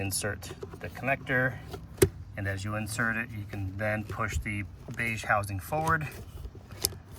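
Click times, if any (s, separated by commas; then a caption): 6.9 s. Someone talks while a plastic power-seat wiring harness connector on a 2019–2022 Sierra/Silverado passenger seat installation is inserted into its floor-side mating connector and the beige locking housing is pushed forward to lock it. A sharp click at 6.9 s marks the connector seating.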